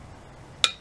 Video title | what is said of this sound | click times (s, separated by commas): RITCHEY BREAKAWAY 1x Gravel Bike Build, Part 2 - Installing Bottom Bracket and Crankset | wrench clicks so we know that it's tight enough so we're good there | 0.6 s